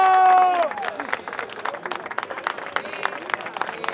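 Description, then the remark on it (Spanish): A crowd at a competition in Guatemala City cheers with a brief, loud sustained shout after the judges announce their decision, then breaks into dense, steady applause, many hands clapping in a rapid, irregular patter that keeps going to the end. “Un fuerte el aplauso”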